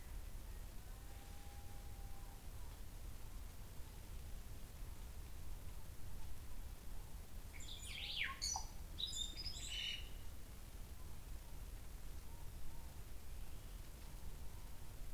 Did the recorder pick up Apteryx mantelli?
no